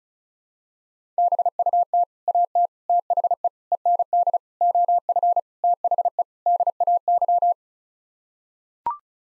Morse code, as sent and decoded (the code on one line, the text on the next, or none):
-... ..- - / .- - / - .... . / . -. -.. / --- ..-. / - .... . / -.. .- -.--
BUT AT THE END OF THE DAY